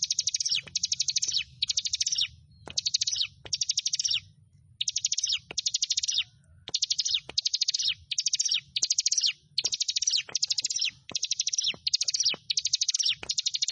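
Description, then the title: Prinia giving a steady series of short, high, rattling trills with brief silences between, plus occasional sharp clicks. "Ciblek Sawah"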